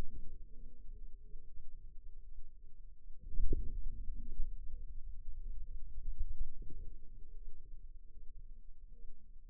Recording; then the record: forearm muscle sounds (acoustic myography)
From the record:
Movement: radial deviation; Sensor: system 2, bracelet of six BSWA MPA416 microphones around the upper forearm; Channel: 1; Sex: female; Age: 23 years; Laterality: right